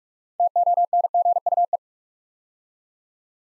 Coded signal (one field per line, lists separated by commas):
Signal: Morse code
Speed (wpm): 44 wpm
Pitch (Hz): 700 Hz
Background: none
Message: TONGUE